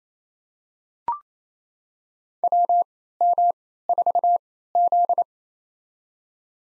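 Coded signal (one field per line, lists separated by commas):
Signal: Morse code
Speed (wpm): 28 wpm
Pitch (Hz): 700 Hz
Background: none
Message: WM4Z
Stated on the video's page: Head-copy drill of 4-character USA call signs at 28 wpm with Farnsworth 3x character spacing, each sent, spoken, then sent again.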